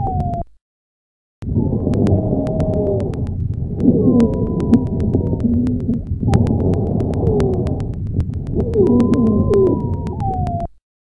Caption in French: Sibilant est un bruit continu musical dont la fréquence fondamentale est supérieure à 400 Hz un sibilant polyphonique, entendu à l'inspiration et à l'expiration.